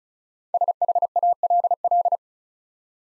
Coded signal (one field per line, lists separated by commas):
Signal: Morse code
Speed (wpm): 36 wpm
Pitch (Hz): 700 Hz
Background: none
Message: SHALL